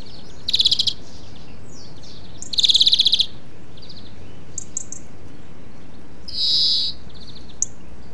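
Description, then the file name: European greenfinch giving rapid, pulsed trilled calls in two bursts, then a drawn-out wheezy note, with a few faint chirps in between. "Chloris chloris"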